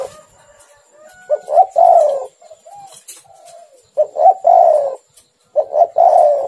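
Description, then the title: Spotted dove song: several coo phrases of short notes and a drawn-out purring note, with quieter coos between; faint high whine behind. "Tekukur"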